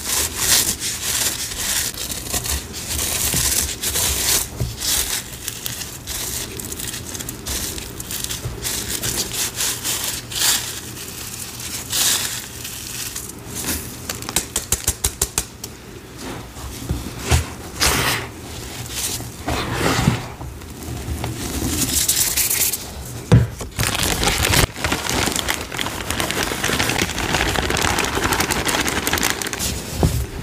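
Green cornstarch and gym chalk powder are sifted, mixed and reformed in a continuous run of soft crunching, crinkling and scraping. Dense bursts of bright grainy texture come and go every few seconds, with a low steady hum underneath and sharper crackles around the middle.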